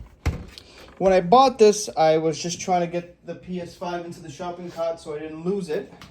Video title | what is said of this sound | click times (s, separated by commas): How To Install SSD In PS5 - Samsung 980 Pro NVME M.2 With Heatsink | snaps into place | 0.3 s, 0.6 s